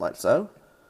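Someone talks while the plastic left leg of a Transformers Age of Extinction One Step Changer Steeljaw action figure is rotated around by hand toward its locked position. Nothing has seated or clicked yet; the leg has not locked into place.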